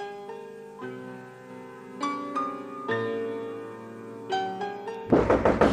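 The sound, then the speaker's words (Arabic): Sustained melodic music plays, then abruptly gives way to a quick run of five or six loud, sharp knocks on a door at the very end. “الباب الباب هيكون مين؟”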